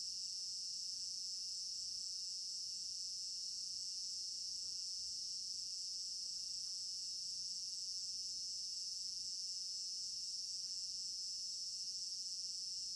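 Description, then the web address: A high cricket chorus keeps up a rapid, even pulsing chirp from start to finish, with faint scattered ticks beneath it. Crickets in an African village garden at night; stereo binaural recording. "African-Village Garden Night Crickets Stereo-Binaural. immersive sound library"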